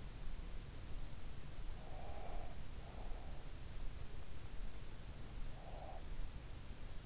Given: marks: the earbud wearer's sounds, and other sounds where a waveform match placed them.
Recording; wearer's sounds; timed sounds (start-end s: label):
sounds in sleep by an in-ear microphone; breath
1.74-3.44 s: breath
5.38-6.16 s: breath